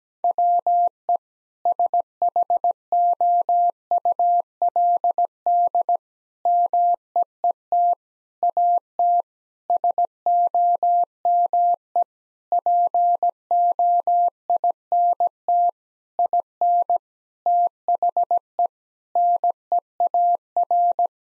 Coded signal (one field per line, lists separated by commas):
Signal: Morse code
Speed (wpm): 17 wpm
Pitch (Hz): 700 Hz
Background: none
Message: WE SHOULD MEET AT SOME POINT IN THE NEAR